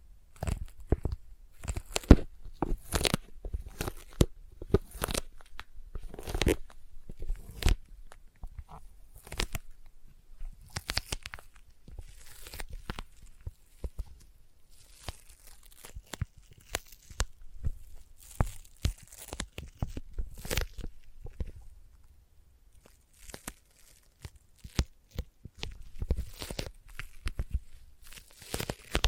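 Sticky tapping with peeling, tearing sounds, a fast irregular run of sharp crackly taps and pulls that reach from low thumps up into bright hiss. Bursts cluster densely throughout the 29 seconds, with a brief sparser lull around 21 seconds before picking back up.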